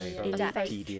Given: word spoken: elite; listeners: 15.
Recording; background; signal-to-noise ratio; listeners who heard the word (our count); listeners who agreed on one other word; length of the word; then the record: one English word in noise, from a listening test; four-talker babble; -1.9 dB; 1 of 15; 9 of 15; 0.59 s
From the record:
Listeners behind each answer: 9, 1, 1, 1, 1, 1, 1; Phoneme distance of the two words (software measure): 37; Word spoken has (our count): 2 syllables, 4 phonemes, stress on syllable 2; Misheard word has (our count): 2 syllables, 5 phonemes, stress on syllable 2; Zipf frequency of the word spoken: 4.09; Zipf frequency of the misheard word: 3.82